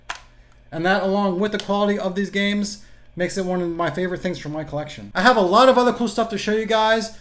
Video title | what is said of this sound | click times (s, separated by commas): Retro Video Game Collection - Favorite Items (Part 1) | and these two cards would just slide up into the console and make a really satisfying click | 0.1 s